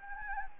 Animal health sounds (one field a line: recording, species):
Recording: mosquito wingbeat signal from an infrared sensor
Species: Anopheles gambiae